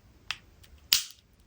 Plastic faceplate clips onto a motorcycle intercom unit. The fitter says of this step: and the other two just click into place like that.